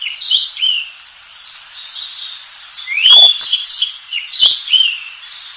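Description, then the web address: Bird calls: a busy series of high, thin chirps and short slurred notes, some rising sharply, repeated rapidly and unevenly throughout, with louder bursts in the second half. Recorded in Higashiosaka, Japan. "higashiosaka bird koe"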